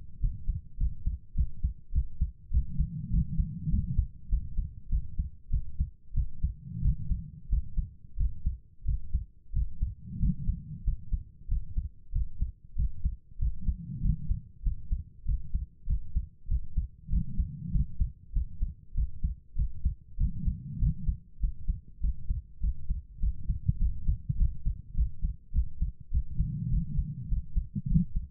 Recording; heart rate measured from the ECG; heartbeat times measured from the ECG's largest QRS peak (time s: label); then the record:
heart sounds by stethoscope; 98 bpm
0.19 s: heartbeat
0.76 s: heartbeat
1.34 s: heartbeat
1.91 s: heartbeat
2.50 s: heartbeat
3.09 s: heartbeat
3.68 s: heartbeat
4.28 s: heartbeat
4.88 s: heartbeat
5.49 s: heartbeat
6.13 s: heartbeat
6.80 s: heartbeat
7.48 s: heartbeat
8.16 s: heartbeat
8.84 s: heartbeat
9.51 s: heartbeat
10.18 s: heartbeat
10.83 s: heartbeat
11.47 s: heartbeat
12.11 s: heartbeat
12.74 s: heartbeat
13.37 s: heartbeat
14.00 s: heartbeat
14.62 s: heartbeat
15.24 s: heartbeat
15.85 s: heartbeat
16.47 s: heartbeat
17.08 s: heartbeat
17.70 s: heartbeat
18.32 s: heartbeat
18.93 s: heartbeat
19.54 s: heartbeat
20.16 s: heartbeat
20.78 s: heartbeat
21.39 s: heartbeat
21.99 s: heartbeat
22.59 s: heartbeat
23.19 s: heartbeat
23.77 s: heartbeat
24.36 s: heartbeat
24.94 s: heartbeat
25.51 s: heartbeat
26.10 s: heartbeat
26.68 s: heartbeat
27.27 s: heartbeat
27.86 s: heartbeat
From the record:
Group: healthy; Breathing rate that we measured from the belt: 17 breaths a minute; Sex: female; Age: 32 years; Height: 172 cm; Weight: 71.7 kg